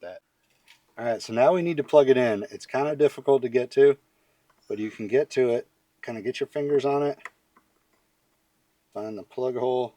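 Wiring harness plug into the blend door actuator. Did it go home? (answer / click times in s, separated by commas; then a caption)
no / none. A wiring harness plug is handled behind the trim of a Ford Expedition's rear HVAC blend door actuator as fingers feel for the actuator's plug socket. Someone talks throughout, with only faint ticks, including a brief one near 7.6 s. Nothing has seated or clicked yet.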